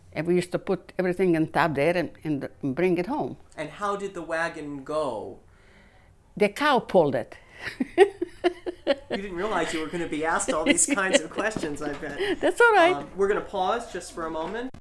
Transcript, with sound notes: And we used to put everything on top there and bring it home.
And how did the wagon go?
The cow pulled it. ( she laughs )
You didn't realize you were going to be asked all these kinds of questions, I bet.
( she laughs ) That's all right.
We're going to pause just for a moment.